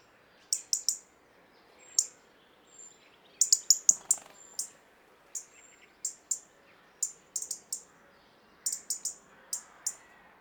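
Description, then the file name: European robin calls: sharp, high ticking notes repeated irregularly, sometimes in quick doubles or triples, with one faint thin whistle, over a quiet background. "Erithacus rubecula"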